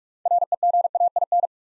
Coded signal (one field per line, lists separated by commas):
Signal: Morse code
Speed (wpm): 44 wpm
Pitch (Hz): 700 Hz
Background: none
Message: REGAIN